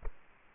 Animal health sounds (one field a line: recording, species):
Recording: mosquito wingbeat signal from an infrared sensor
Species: Culex quinquefasciatus